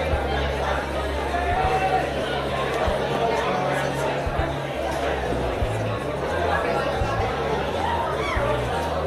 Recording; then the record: background sound without coughing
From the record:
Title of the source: CITY SOUNDS Busy Bar in the Evening Night - 2 HOURS of Ambiance for Relaxation